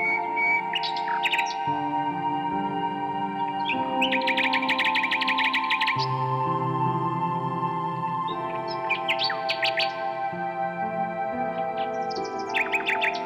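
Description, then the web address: Common nightingale song: bursts of rapid repeated notes and trills with fast up-and-down sweeps, between pauses, over a steady low droning chord that shifts pitch every few seconds. "Circlesandlines recordings. h wialenove - nightingale song"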